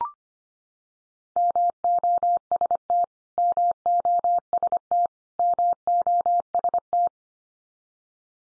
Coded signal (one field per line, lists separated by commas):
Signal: Morse code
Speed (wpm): 25 wpm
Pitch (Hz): 700 Hz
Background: none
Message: MOST MOST MOST